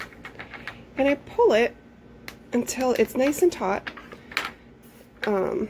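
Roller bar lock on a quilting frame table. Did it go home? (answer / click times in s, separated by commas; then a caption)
no / none. The bottom roller bar on a quilting frame table is pulled by hand until the quilt is taut, with light ticking and handling sounds while someone talks. Nothing has seated or clicked yet; the roller bar lock has not engaged by the end of the clip.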